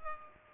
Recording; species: mosquito wingbeat signal from an infrared sensor; Culex pipiens